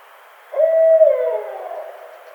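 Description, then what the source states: Barred owl hoot: a single drawn-out note, held steady then sliding gently downward and fading over about a second. Recorded on 23 April 2009.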